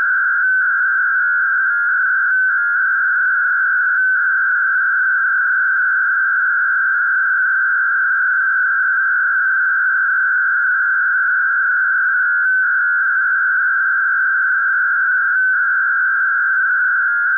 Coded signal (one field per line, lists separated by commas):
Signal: MT63